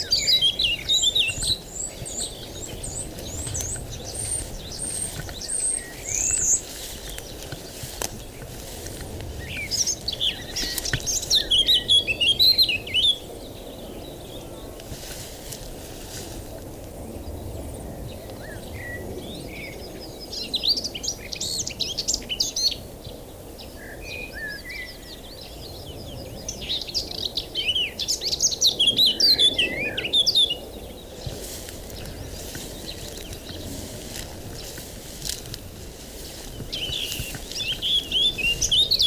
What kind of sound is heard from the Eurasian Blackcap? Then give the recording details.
song. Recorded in the wild. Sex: male. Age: adult. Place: Blankenfelde, Berlin, DE. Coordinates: 52.62, 13.37. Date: 1999-05-02 12:02. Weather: fair, 11 - 15°C. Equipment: Nagra SN, Kopie Uher 4000 Report Monitor. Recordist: Tembrock, Günter